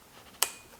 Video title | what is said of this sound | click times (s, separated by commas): TAMRON 17-70 F2.8 LENS FOR SONY. UNBOXING & FIRST IMPRESSIONS. Plus photo samples & my experience! | think you have to turn until you hear that little click okay | 0.4 s